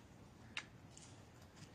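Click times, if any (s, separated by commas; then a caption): 0.6 s. A Mamba crossbow is cocked by pulling the bowstring up into the trigger latch, and a sharp click at 0.6 s marks the string latching, followed by a faint tick at 1.0 s over low background noise. The bowstring is seated in the latch and the crossbow is cocked.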